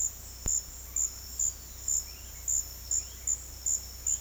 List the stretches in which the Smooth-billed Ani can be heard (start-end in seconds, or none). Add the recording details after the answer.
0.00-4.20. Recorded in dense forest near Puerto Asís, Putumayo, Colombia, on 19 February 2024 at 13:00. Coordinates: 0.485, -76.322. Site G6406